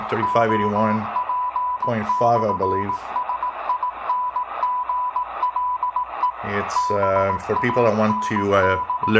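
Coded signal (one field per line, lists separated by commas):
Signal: Morse code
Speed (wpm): 18 wpm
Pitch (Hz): 990 Hz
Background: speech, radio noise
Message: OP/SINGLE BAND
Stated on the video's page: Signals tuned between 3000 and 4000 kHz (shortwave utility stations and the 80 meter band) on a Degen DE1103 receiver with an MLA-30 loop antenna.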